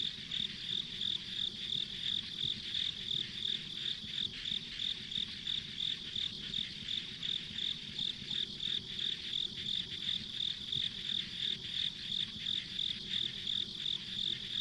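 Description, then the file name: Insects call in a long, unbroken series of bright rhythmic chirps above a shrill insect drone and low background rumble. Ambient insect sounds on a rural country road. "田舎道の虫の環境音"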